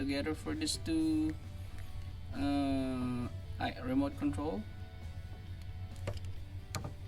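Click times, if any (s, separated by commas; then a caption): 6.1 s, 6.8 s. After a CR2032 coin battery is replaced in a 2019 Nissan Pathfinder key fob, the two plastic halves of the fob shell are pressed back together over the battery. Someone talks over background music, then sharp snaps are heard at 6.1 s and 6.8 s as the halves click shut, and the case is seated.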